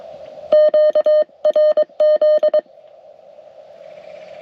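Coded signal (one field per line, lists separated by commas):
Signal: Morse code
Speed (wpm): 22 wpm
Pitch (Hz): 610 Hz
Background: none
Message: QRZ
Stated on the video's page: CW activation made during a trip in Michigan, with some contacts completed.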